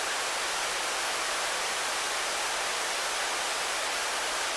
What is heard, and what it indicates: Tinnitus audio.